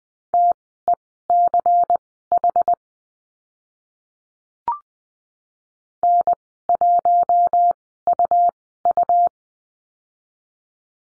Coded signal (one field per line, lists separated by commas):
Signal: Morse code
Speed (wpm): 20 wpm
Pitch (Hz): 700 Hz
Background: none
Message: TECH N1UU